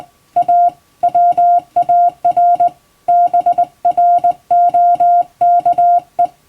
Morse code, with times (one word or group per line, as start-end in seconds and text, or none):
0.4-0.7 A
1.0-2.7 WAR
3.1-6.3 BROKE